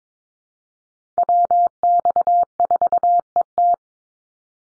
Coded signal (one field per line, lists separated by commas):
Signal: Morse code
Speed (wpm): 22 wpm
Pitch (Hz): 700 Hz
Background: none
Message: WX4ET